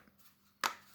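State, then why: Seated. A plastic structural piece of a 1/43 scale Altaya Star Wars Millennium Falcon model kit is pressed into its neighbouring frame part until it fits. After near silence with a faint tick at 0.1 s, a sharp plastic snap at 0.7 s fades quickly, and the piece is seated.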